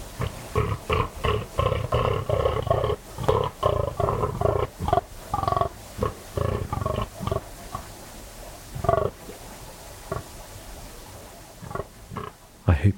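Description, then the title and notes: Fallow deer buck giving long series of hoarse, belching groans, roughly two to three per second, in uneven bursts with short pauses between. Fallow buck bellowing during the autumn rut, 3am on a moonless, cold, still night in West Dorset; staking his claim, warning off rivals and guarding his does, echoing through combes and hills. "the eerie and dramatic fallow deer rut on a dark Dorset night. It's 3am on an autumn night in West Dorset. A fallow buck is staking his claim, warning off rivals and guarding his does. A guttural bellow that bursts the quiet and echoes through the combes and hills"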